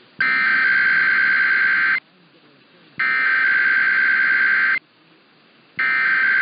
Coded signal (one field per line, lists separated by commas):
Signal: Emergency Alert System (SAME) tones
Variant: header bursts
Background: speech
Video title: The Usual Weekend Tests (EAS #21506-21509) 8/10-11/24